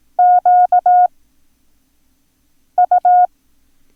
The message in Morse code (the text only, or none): QU